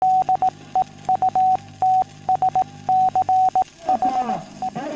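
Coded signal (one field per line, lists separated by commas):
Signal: Morse code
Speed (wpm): 18 wpm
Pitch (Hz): 750 Hz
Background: radio noise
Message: DEUTSCHE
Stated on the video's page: Morse identifier interrupting the tone of a non-directional radio beacon (NDB), received on a restored Telefunken Peil G IV direction finder.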